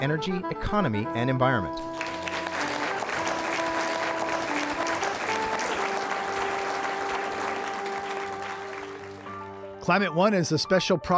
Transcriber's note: applause